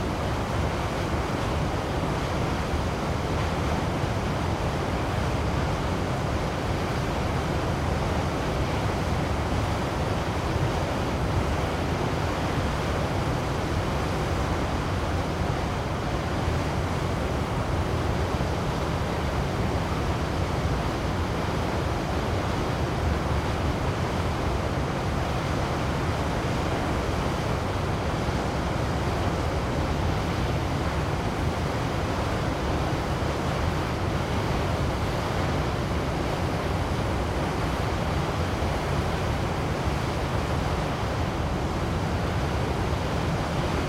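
A waterfall roars without pause, a dense, even wash of falling water that holds the same loudness for the whole stretch. The sound is full, heaviest in the low rumble with a hissing spray on top, and nothing else breaks through.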